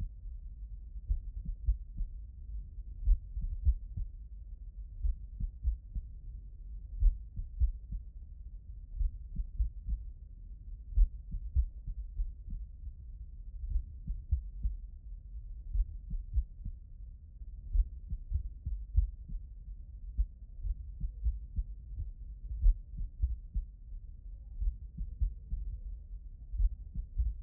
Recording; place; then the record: heart sounds by stethoscope; mitral valve (MV)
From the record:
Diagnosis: non-HFrEF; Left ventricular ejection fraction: 69%